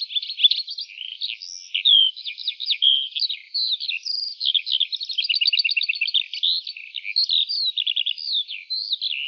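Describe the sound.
Lark delivering a rapid, jumbled high song of chirps and trills, including a fast rattling sequence of repeated notes midway.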